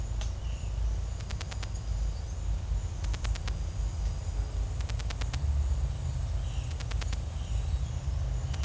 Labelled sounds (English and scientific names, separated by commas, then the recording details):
none
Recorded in secondary vegetation near Puerto Asís, Putumayo, Colombia, on 26 December 2024 at 09:30
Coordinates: 0.499, -76.323
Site G010